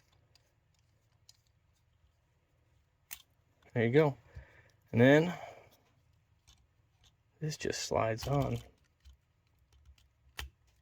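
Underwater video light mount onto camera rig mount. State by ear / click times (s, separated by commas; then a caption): seated / 10.4 s. Someone talks while the mount of a MOVO LED-WP underwater LED video light is slid onto its camera rig mount. Near the end, a sharp click at 10.4 s marks it locking into place, seated.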